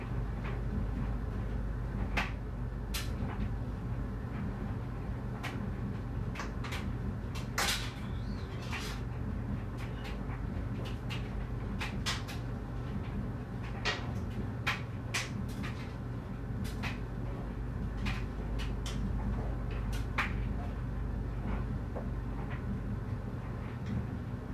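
A clothes dryer tumbles with a steady, deep rumble and hum that holds an even level throughout. Over it come frequent sharp clicks and knocks, irregular but several every few seconds, as items drop and tap against the drum.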